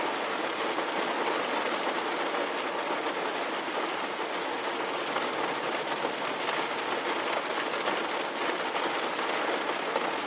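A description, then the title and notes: Steady rain falls in a dense, even hiss that holds at the same level for the whole stretch, with no breaks or build-ups. The sound sits mostly in the middle and upper range, close and enveloping, with faint patters flickering through. No thunder is heard. Steady Rain White Noise.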